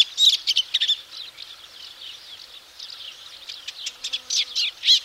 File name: easternolivaceouswarbler